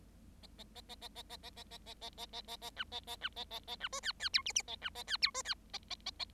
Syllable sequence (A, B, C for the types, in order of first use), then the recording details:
A A A A A A A A A A A A A A A A B A A B A A A B C D D E F F A B A D E C D A A A A. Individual Bird7